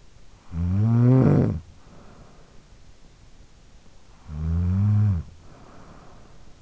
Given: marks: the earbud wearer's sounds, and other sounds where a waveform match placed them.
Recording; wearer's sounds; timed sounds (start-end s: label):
sounds in sleep by an in-ear microphone; snoring breath
0.04-2.99 s: snoring breath
3.90-6.62 s: snoring breath